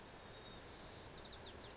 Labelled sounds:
White-crowned Sparrow (Zonotrichia leucophrys)
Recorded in Sonoma County, California

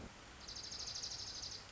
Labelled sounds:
Dark-eyed Junco (Junco hyemalis)
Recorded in Sonoma County, California

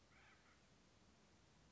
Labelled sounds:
Acorn Woodpecker (Melanerpes formicivorus)
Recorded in Sonoma County, California

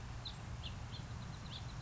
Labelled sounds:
House Finch (Haemorhous mexicanus)
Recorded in Sonoma County, California

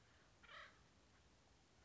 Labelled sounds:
Acorn Woodpecker (Melanerpes formicivorus)
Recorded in Sonoma County, California

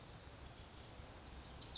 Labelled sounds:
Pacific Wren (Troglodytes pacificus)
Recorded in Sonoma County, California

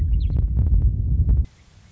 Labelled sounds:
Western Meadowlark (Sturnella neglecta)
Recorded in Sonoma County, California

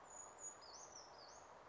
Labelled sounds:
Brown Creeper (Certhia americana)
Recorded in Sonoma County, California

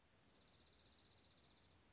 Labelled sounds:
Dark-eyed Junco (Junco hyemalis)
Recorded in Sonoma County, California

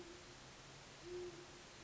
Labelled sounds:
Great Horned Owl (Bubo virginianus)
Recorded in Sonoma County, California

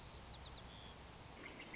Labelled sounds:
White-crowned Sparrow (Zonotrichia leucophrys)
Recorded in Sonoma County, California

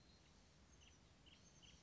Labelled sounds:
Oak Titmouse (Baeolophus inornatus)
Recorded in Sonoma County, California

